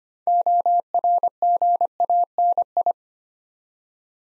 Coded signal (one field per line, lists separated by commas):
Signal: Morse code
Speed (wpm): 25 wpm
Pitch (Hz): 700 Hz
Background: none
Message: ORGANI